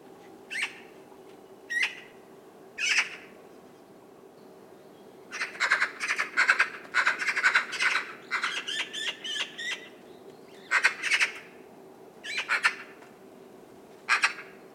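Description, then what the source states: Eurasian magpie quiet song, an irregular mix of gurgling chatter, clicks and short whistled notes in scattered bursts and a denser run midway. Quiet chattering song used to strengthen the pair bond; highly individual, rhythmic or arrhythmic, often with soft trills or high whistles, mostly gurgling ventriloquial chatter with whistles.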